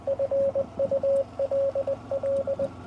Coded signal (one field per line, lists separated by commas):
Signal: Morse code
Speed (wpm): 21 wpm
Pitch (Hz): 550 Hz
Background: radio noise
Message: FULL